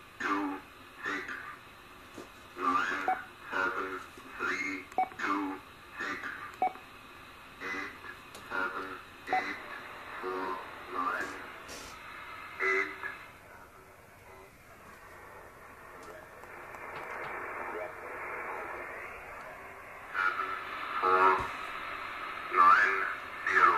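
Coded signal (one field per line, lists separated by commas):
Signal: numbers station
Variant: E06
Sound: a voice reading short, evenly spaced words through radio noise, a pause, then more words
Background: radio static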